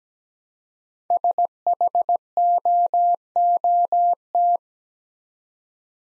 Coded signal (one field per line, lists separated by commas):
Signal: Morse code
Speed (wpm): 17 wpm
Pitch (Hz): 700 Hz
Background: none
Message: SHOOT